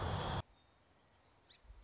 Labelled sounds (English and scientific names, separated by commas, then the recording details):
Song Sparrow (Melospiza melodia)
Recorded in Sonoma County, California